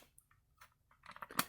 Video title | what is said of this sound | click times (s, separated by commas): Tamiya Hornet Build | in place locks in place all set | 1.4 s